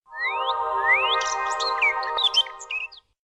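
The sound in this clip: Bird whistles: two rising slurred whistles, then a quick run of high twittering chirps, all over a steady humming harmonic tone that lasts about three seconds.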